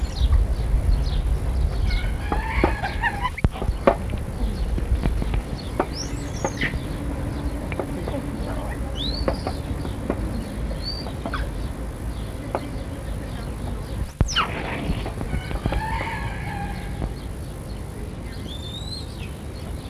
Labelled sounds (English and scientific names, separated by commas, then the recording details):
Stump-tailed Macaque (Macaca arctoides) call
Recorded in captivity
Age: adult
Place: Zoo Rostock, Mecklenburg-Vorpommern, DE
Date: 1962-05-25 13:00
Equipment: Minifon, Kopie Smaragd
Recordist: Tembrock, Günter
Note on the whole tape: Zwei Exemplare: zweisilbige helle Rufe. Abstand: 5 m